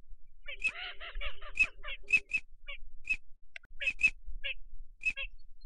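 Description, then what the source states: Duck calls: a rough nasal quacking run near the start, then scattered short, piping whistled notes at uneven intervals. Migratory ducks, male and female.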